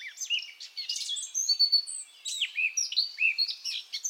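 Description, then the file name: Eurasian blackcap, a fast warbling song of scratchy chirps and short whistled slurs, tumbling without pause through the whole stretch. "Sylvia atricapilla"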